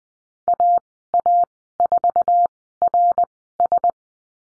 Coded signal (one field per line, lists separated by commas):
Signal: Morse code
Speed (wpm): 20 wpm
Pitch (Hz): 700 Hz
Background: none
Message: AA4RS